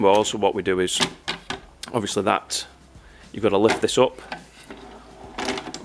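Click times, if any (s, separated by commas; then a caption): 5.4 s, 5.7 s. In a Nissan NV200 campervan, the sliding bed board runner in the furniture unit is lifted and pulled back to its extended position while someone talks. Sliding and knocking sounds follow, with sharp clicks at 5.4 s and 5.7 s as the runner locks in place.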